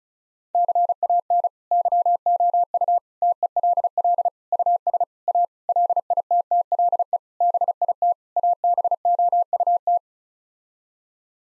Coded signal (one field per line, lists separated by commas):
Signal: Morse code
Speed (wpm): 34 wpm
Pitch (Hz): 700 Hz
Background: none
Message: CAN YOU TELL US A LITTLE BIT ABOUT